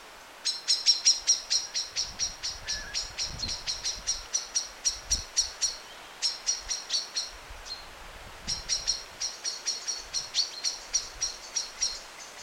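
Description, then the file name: Common blackbird giving sharp, high clicking chink notes in rapid runs, roughly three per second, with brief pauses between series and a low rustling background. "Turdus merula"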